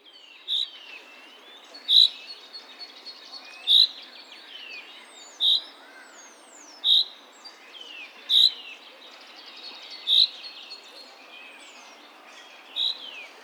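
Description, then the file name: Common chaffinch giving short, bright, sharp notes repeated at intervals of about two seconds. "Fringilla coelebs"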